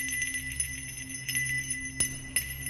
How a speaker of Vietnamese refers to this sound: Lúc này ở trong nhà, lão Khá bắt đầu lắc chuông leng ca leng keng. Lão nhảy bổ ra bên ngoài. Tiếng chuông lập tức kích hoạt trận pháp.